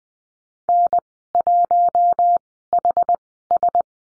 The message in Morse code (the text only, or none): N1HS